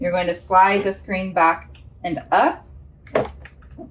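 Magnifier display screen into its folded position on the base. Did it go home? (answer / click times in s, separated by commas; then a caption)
yes / 3.2 s. While a portable video magnifier is being folded closed, its display screen is slid back and up into its folded position on the base as someone talks. A sharp click at 3.2 s marks the screen locking into place, fully seated.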